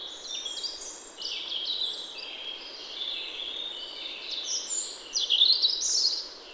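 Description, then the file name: European robin pouring out a continuous stream of high, tinkling, varied notes, rising to a brighter trill near the close, with light hiss. "Erithacus rubecula"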